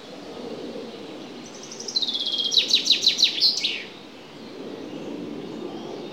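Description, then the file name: Common chaffinch song: a bright, high trill falling in pitch through a run of rattling notes and ending in a quick flourish, over a soft steady background hiss. "Fringilla coelebs"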